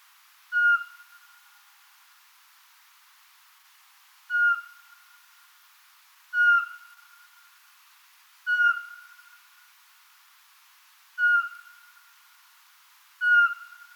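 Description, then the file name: Eurasian pygmy owl giving six clear whistled notes, repeated every two to four seconds against quiet background hiss. "sperlingskauz"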